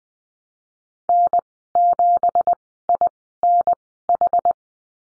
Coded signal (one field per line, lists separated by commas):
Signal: Morse code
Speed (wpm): 19 wpm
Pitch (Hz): 700 Hz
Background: none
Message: N7INH